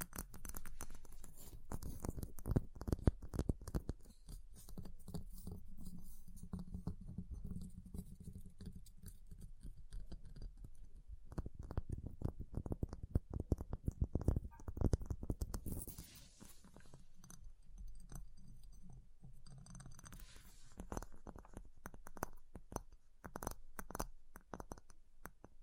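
Ice being tapped, scratched and carved, with dense, irregular clicks and knocks running through the whole clip over a low rumble. Bursts of brighter, hissing scraping come in around the middle, near 16 seconds, and again past 20 seconds.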